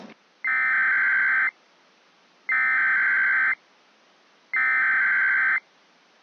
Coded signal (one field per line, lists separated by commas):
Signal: Emergency Alert System (SAME) tones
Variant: header bursts